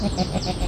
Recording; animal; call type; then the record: contact call of a hoofed animal; goat; low-frequency (closed-mouth) or high-frequency (open-mouth) call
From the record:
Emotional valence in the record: negative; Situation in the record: short social isolation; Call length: 0.69 s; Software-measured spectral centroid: 2660 Hz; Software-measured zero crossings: 2650 a second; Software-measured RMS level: -24 dBFS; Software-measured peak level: -10 dBFS